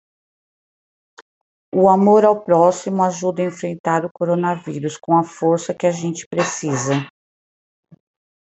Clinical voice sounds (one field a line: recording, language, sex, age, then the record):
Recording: spoken sentence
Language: Brazilian Portuguese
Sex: female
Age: 40 to 49 years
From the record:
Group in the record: control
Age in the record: 48 years